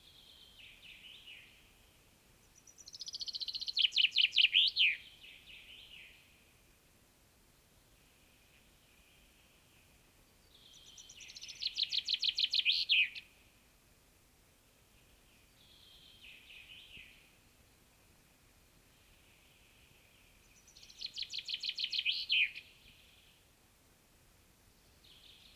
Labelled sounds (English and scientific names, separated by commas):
Common Chaffinch (Fringilla coelebs) song